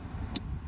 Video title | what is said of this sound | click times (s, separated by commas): Ford Fusion SE Cabin Air Filter Replacement Change How to DIY 2013 up to 2015 I Believe Dont Ignore | Snap it right in. | 0.4 s